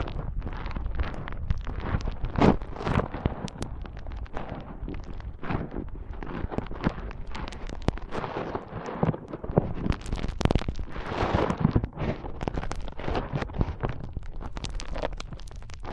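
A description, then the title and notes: Foam is squeezed and rubbed hard, producing a dense, continuous stream of crackling, crunchy rustles with frequent sharp pops and thuds. The texture stays busy and fairly loud throughout, with deep rumbling bumps underneath and no pauses. ASMR Powerful Foam Brain Massage.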